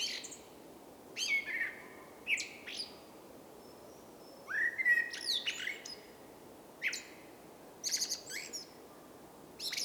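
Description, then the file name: Common blackbird song in short separate bursts: mellow fluted notes, often finishing in thin high twittering squeaks, with gaps of silence between phrases. "Turdus merula"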